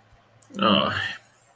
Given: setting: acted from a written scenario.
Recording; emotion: vocal sound without words; embarrassment